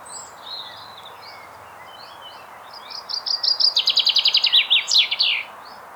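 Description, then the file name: Common chaffinch delivers a quick cascading trill that finishes in an emphatic flourish, after a few faint chirps. "Fringilla coelebs"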